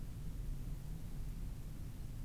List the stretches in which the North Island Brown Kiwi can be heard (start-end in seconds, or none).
none